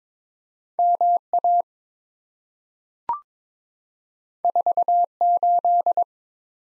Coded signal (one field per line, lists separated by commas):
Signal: Morse code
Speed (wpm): 22 wpm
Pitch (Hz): 700 Hz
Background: none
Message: MA48